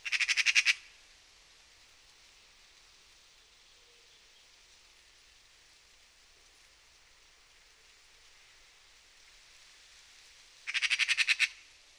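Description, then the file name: Eurasian magpie's rasping chatter, a rapid series of about eight harsh notes, heard at the start and repeated some ten seconds later over a steady hiss. "Pica pica"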